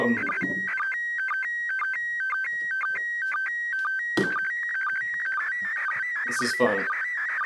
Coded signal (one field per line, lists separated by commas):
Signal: SSTV (slow-scan television)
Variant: PD 120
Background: speech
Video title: Decoding SSTV images pt 3: Decoding more images